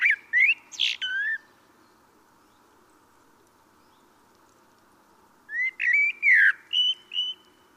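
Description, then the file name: Common blackbird song: a short, varied warbling phrase, then a pause, then a longer phrase of whistled notes. "Turdus merula"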